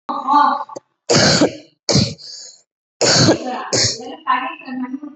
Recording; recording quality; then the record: heavy voluntary cough; moderate, slight background noise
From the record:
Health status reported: COVID-19 positive, mild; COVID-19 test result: positive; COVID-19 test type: RT-PCR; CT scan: not taken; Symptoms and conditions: cough, cold, sore throat, fatigue, muscle pain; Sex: female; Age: 28 years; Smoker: no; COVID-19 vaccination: none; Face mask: worn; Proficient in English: yes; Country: India